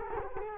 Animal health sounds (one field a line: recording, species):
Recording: mosquito wingbeat signal from an infrared sensor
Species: Culex quinquefasciatus